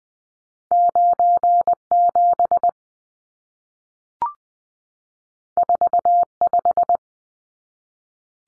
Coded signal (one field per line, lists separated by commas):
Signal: Morse code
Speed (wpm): 20 wpm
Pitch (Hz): 700 Hz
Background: none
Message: 97 45